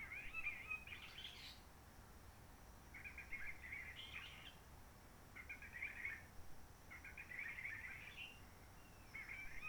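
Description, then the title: Réunion bulbul song, a series of five brisk warbling phrases of whistled notes at irregular intervals, over a steady low rumble. Excerpt; Roche Merveilleuse forest, Réunion; quiet since 19 March 2020 lockdown, no visitors, microlights or helicopters; sunny, blue sky; birds not very active; sings simpler short phrases, adapted to noise pollution. "Roche Merveilleuse, Réunion - Merle de lîle de la Réunion."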